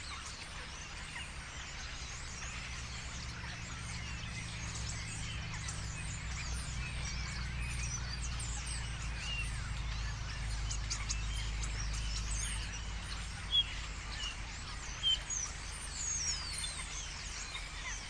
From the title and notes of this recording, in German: Stare Am Morgen. Tausende Stare, die sich unterhalten und in kleinen Grüppchen durch den Nebel starten - und das alles erstaunlich rauscharm.